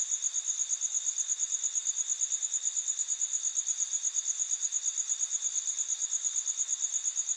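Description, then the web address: High-pitched cricket chirps pulse steadily about three times each second without pause, a faint lower tone running alongside. Crickets at night in an urban setting in the USA. "bug crickets night urban usa"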